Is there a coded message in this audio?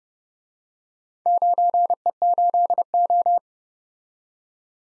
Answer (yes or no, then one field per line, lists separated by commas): yes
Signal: Morse code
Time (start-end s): 1.3-3.4 s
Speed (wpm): 31 wpm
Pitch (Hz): 700 Hz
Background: none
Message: 9E8O